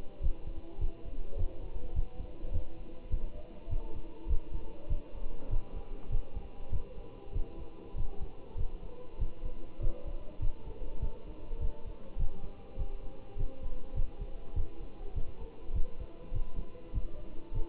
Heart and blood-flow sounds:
heart sounds by stethoscope; between the tricuspid and mitral areas; 100 bpm
0.23 s: heartbeat
0.81 s: heartbeat
1.38 s: heartbeat
1.95 s: heartbeat
2.53 s: heartbeat
3.11 s: heartbeat
3.70 s: heartbeat
4.29 s: heartbeat
4.90 s: heartbeat
5.51 s: heartbeat
6.11 s: heartbeat
6.72 s: heartbeat
7.34 s: heartbeat
7.97 s: heartbeat
8.57 s: heartbeat
9.20 s: heartbeat
9.82 s: heartbeat
10.42 s: heartbeat
11.02 s: heartbeat
11.61 s: heartbeat
12.19 s: heartbeat
12.78 s: heartbeat
13.38 s: heartbeat
13.96 s: heartbeat
14.56 s: heartbeat
15.15 s: heartbeat
15.75 s: heartbeat
16.34 s: heartbeat
16.94 s: heartbeat
17.54 s: heartbeat
From the record:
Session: Bruce protocol treadmill stress test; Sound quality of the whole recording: good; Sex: male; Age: 25 years

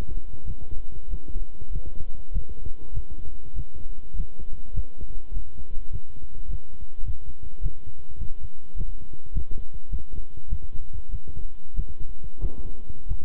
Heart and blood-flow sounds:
heart sounds by stethoscope; between the tricuspid and mitral areas; 100 bpm
0.45 s: heartbeat
1.08 s: heartbeat
1.70 s: heartbeat
2.31 s: heartbeat
2.92 s: heartbeat
3.54 s: heartbeat
4.14 s: heartbeat
4.73 s: heartbeat
5.32 s: heartbeat
5.90 s: heartbeat
6.48 s: heartbeat
7.04 s: heartbeat
7.61 s: heartbeat
8.18 s: heartbeat
8.75 s: heartbeat
9.32 s: heartbeat
9.89 s: heartbeat
10.48 s: heartbeat
11.09 s: heartbeat
11.74 s: heartbeat
12.39 s: heartbeat
13.06 s: heartbeat
From the record:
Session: walking at 3.7 km/h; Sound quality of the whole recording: good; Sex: male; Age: 26 years

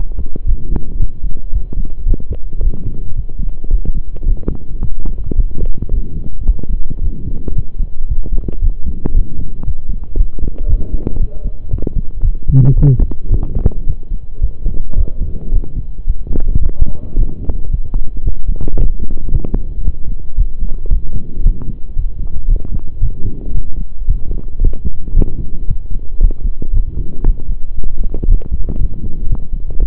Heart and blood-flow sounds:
heart sounds by stethoscope; between the tricuspid and mitral areas; 113 bpm
0.47 s: heartbeat
1.00 s: heartbeat
1.53 s: heartbeat
2.07 s: heartbeat
2.61 s: heartbeat
3.16 s: heartbeat
3.71 s: heartbeat
4.27 s: heartbeat
4.82 s: heartbeat
5.37 s: heartbeat
5.92 s: heartbeat
6.46 s: heartbeat
7.02 s: heartbeat
7.56 s: heartbeat
8.09 s: heartbeat
8.62 s: heartbeat
9.15 s: heartbeat
9.66 s: heartbeat
10.17 s: heartbeat
10.69 s: heartbeat
11.20 s: heartbeat
11.71 s: heartbeat
12.23 s: heartbeat
12.77 s: heartbeat
13.31 s: heartbeat
13.87 s: heartbeat
14.42 s: heartbeat
14.97 s: heartbeat
15.52 s: heartbeat
16.07 s: heartbeat
16.62 s: heartbeat
17.18 s: heartbeat
17.71 s: heartbeat
18.25 s: heartbeat
18.78 s: heartbeat
19.32 s: heartbeat
19.85 s: heartbeat
20.38 s: heartbeat
20.91 s: heartbeat
21.44 s: heartbeat
21.97 s: heartbeat
22.49 s: heartbeat
23.02 s: heartbeat
23.55 s: heartbeat
24.08 s: heartbeat
24.62 s: heartbeat
25.15 s: heartbeat
25.68 s: heartbeat
26.21 s: heartbeat
26.74 s: heartbeat
27.26 s: heartbeat
27.77 s: heartbeat
28.28 s: heartbeat
28.80 s: heartbeat
29.30 s: heartbeat
29.80 s: heartbeat
From the record:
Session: pedaling a stationary bicycle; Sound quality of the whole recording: saturated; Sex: male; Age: 23 years

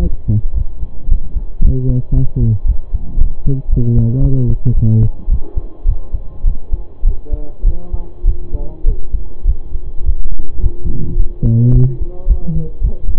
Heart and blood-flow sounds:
heart sounds by stethoscope; between the tricuspid and mitral areas; 108 bpm
0.53 s: heartbeat
1.07 s: heartbeat
1.60 s: heartbeat
2.13 s: heartbeat
2.65 s: heartbeat
3.17 s: heartbeat
3.68 s: heartbeat
4.20 s: heartbeat
4.73 s: heartbeat
5.28 s: heartbeat
5.85 s: heartbeat
6.44 s: heartbeat
7.03 s: heartbeat
7.63 s: heartbeat
8.24 s: heartbeat
8.84 s: heartbeat
9.44 s: heartbeat
10.03 s: heartbeat
10.60 s: heartbeat
11.16 s: heartbeat
11.71 s: heartbeat
12.26 s: heartbeat
12.80 s: heartbeat
From the record:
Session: pedaling a stationary bicycle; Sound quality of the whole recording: saturated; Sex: male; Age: 25 years

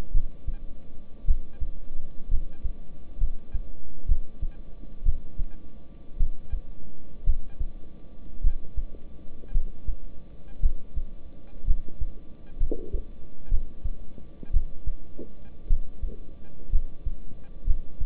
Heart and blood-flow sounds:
heart sounds by stethoscope; between the tricuspid and mitral areas; 58 bpm
0.12 s: heartbeat
1.25 s: heartbeat
2.29 s: heartbeat
3.18 s: heartbeat
4.06 s: heartbeat
5.03 s: heartbeat
6.17 s: heartbeat
7.24 s: heartbeat
8.42 s: heartbeat
9.52 s: heartbeat
10.60 s: heartbeat
11.65 s: heartbeat
12.58 s: heartbeat
13.49 s: heartbeat
14.51 s: heartbeat
15.67 s: heartbeat
16.70 s: heartbeat
17.65 s: heartbeat
From the record:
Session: rest, lying down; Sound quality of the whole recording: good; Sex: male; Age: 26 years

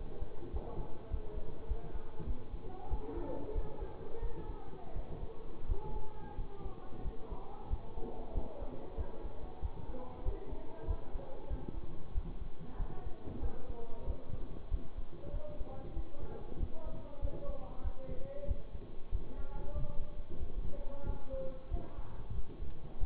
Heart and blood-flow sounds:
heart sounds by stethoscope; between the tricuspid and mitral areas; 93 bpm
0.50 s: heartbeat
1.08 s: heartbeat
1.65 s: heartbeat
2.24 s: heartbeat
2.88 s: heartbeat
3.52 s: heartbeat
4.19 s: heartbeat
4.93 s: heartbeat
5.66 s: heartbeat
6.35 s: heartbeat
7.02 s: heartbeat
7.67 s: heartbeat
8.32 s: heartbeat
8.95 s: heartbeat
9.59 s: heartbeat
10.22 s: heartbeat
10.85 s: heartbeat
11.47 s: heartbeat
12.12 s: heartbeat
12.76 s: heartbeat
13.39 s: heartbeat
14.04 s: heartbeat
14.68 s: heartbeat
15.31 s: heartbeat
15.93 s: heartbeat
16.57 s: heartbeat
17.19 s: heartbeat
17.81 s: heartbeat
18.45 s: heartbeat
19.09 s: heartbeat
19.72 s: heartbeat
20.37 s: heartbeat
21.03 s: heartbeat
21.68 s: heartbeat
22.32 s: heartbeat
22.98 s: heartbeat
From the record:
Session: bicycle stress test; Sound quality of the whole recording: good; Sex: male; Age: 24 years

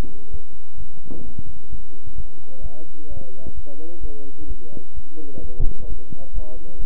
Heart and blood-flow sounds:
heart sounds by stethoscope; between the tricuspid and mitral areas; 130 bpm
0.31 s: heartbeat
0.78 s: heartbeat
1.25 s: heartbeat
1.70 s: heartbeat
2.16 s: heartbeat
2.62 s: heartbeat
3.08 s: heartbeat
3.55 s: heartbeat
4.01 s: heartbeat
4.48 s: heartbeat
4.95 s: heartbeat
5.42 s: heartbeat
5.88 s: heartbeat
6.33 s: heartbeat
6.79 s: heartbeat
From the record:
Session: bicycle stress test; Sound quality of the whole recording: good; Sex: male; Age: 23 years

